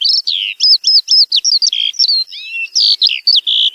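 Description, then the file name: Eurasian skylark song, a rapid unbroken stream of high chirps, trills and slurred whistles with brief buzzy notes, no other sounds heard. "allodola"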